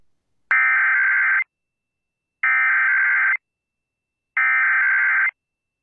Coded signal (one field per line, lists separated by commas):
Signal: Emergency Alert System (SAME) tones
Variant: header bursts